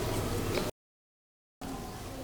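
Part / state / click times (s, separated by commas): brake shoe with return spring into a scooter rear drum brake / not seated / none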